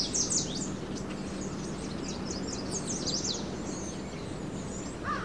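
Birds chirping: a busy run of quick, high twittering notes, one lower wavering call near the end, over a faint steady hum.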